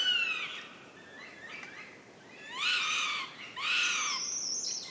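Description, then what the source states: Northern goshawk chicks giving begging calls: a harsh wail, a fainter call, then two loud drawn-out screeching calls close together, with a thin high note at the end. Chicks at a nest in forest in Central Sweden, 29 June 2018; overnight recording; chicks fighting and begging for food, calls echoing.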